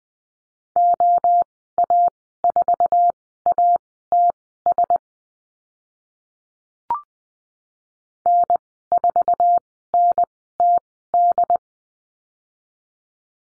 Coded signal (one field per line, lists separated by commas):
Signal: Morse code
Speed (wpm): 20 wpm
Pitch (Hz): 700 Hz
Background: none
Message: OA4ATS N4NTD